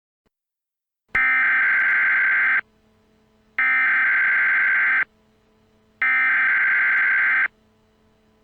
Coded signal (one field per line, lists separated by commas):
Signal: Emergency Alert System (SAME) tones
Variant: header bursts